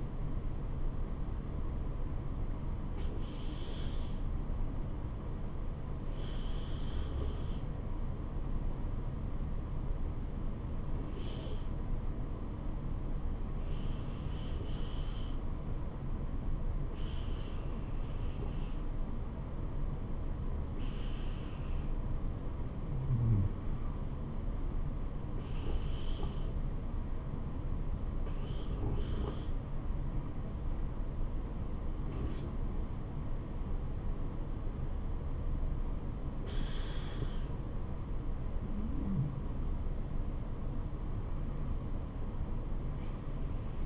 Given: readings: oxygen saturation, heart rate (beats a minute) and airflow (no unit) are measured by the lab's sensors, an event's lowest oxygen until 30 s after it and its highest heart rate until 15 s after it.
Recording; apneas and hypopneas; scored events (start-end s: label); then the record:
breathing in sleep by a smartphone at the bedside; none
none scored
From the record:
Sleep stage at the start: N1 (lightest sleep); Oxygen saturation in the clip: 95 to 96%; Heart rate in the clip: 73 to 78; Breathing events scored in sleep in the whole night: 426 in 7.4 hours asleep